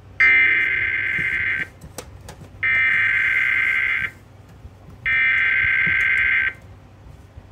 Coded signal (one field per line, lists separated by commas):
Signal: Emergency Alert System (SAME) tones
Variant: header bursts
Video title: SVR #6 on 11 stations and #7 on WXM70 (7/28/23) EAS 1916-1924